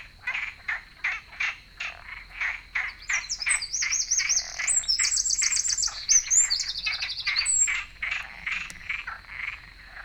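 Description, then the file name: Eurasian wren song: a fast, high, rattling trill of rapid repeated notes lasting several seconds, over a steady series of lower pulses. "Troglodytes troglodytes"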